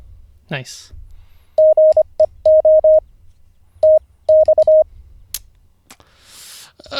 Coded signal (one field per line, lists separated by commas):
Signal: Morse code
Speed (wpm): 25 wpm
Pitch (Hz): 620 Hz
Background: speech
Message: GEO TX